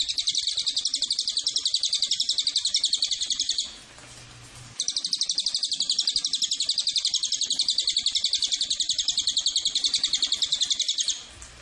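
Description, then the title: Cililin giving a high, rapid pulsed trill of even buzzy notes, running about four seconds, a brief gap, then resuming steadily until just before the end. Recording used as a tutor (masteran) or lure (pancingan) for Cililin birds. "MASTERAN SUARA BURUNG CILILIN BISA JUGA PANCINGAN CILILIN"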